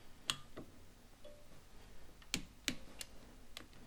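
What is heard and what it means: A torque wrench set to 8 Nm tightens the clutch cover/spring screws on a Fazer 1000 / FZ1 / R1 motorcycle clutch after its parts have been seated. Sharp, short ticks from the wrench breaking over at the setting are heard at 0.3, 2.3 and 2.7 seconds, with a fainter tick soon after. The screws reach their 8 Nm torque.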